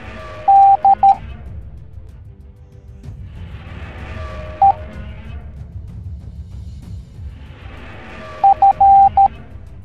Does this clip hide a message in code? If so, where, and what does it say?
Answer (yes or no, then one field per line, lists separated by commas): yes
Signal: Morse code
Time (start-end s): 0.5-9.3 s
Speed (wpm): 13 wpm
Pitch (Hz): 790 Hz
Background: music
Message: D E F